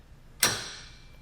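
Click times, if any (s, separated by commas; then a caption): 0.4 s. The removable arm's pin of a Roadmaster Direct-Connect tow bar base plate kit on a 2017 Buick Envision is pushed fully into the opening in the vehicle's steel base plate and turned. A single sharp, bright click sounds at 0.4 s, then rings and fades over about half a second. The arm is locked into place in the base plate receiver.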